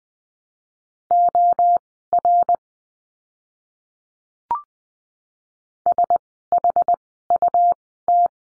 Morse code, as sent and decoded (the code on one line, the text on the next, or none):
--- .-. / ... .... ..- -
OR SHUT